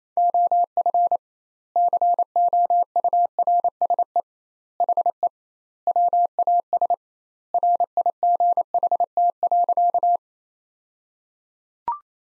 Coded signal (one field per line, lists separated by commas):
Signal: Morse code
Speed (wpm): 28 wpm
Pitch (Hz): 700 Hz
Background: none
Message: OF COURSE HE WAS RIGHT.